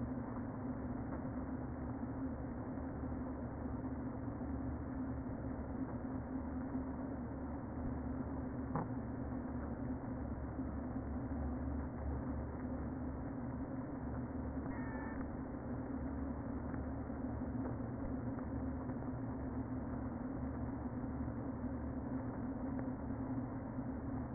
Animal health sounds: honeybee colony, microphone inside the hive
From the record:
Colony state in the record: queen present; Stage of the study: before two queens were removed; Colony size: about 60,000 bees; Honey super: yes

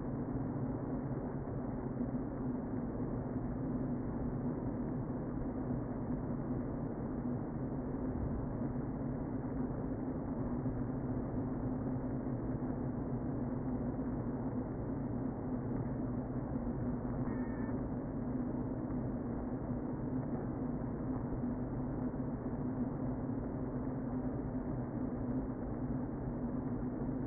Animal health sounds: honeybee colony, microphone inside the hive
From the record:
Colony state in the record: queen present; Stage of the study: before two queens were removed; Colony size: about 60,000 bees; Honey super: yes

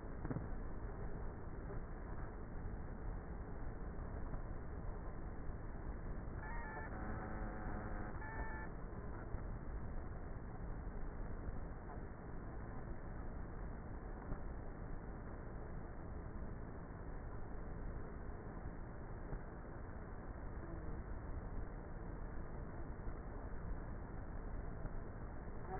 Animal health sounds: honeybee colony, microphone inside the hive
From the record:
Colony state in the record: queenless with a low population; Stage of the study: before two queens were removed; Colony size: about 30,000 bees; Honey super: no

